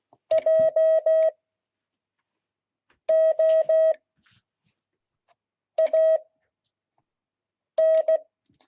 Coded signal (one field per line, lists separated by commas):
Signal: Morse code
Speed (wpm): 16 wpm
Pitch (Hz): 640 Hz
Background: none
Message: JOAN